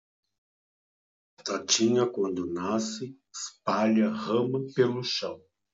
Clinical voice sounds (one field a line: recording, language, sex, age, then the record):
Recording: short text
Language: Brazilian Portuguese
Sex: male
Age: 50 to 59 years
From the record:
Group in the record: control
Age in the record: 53 years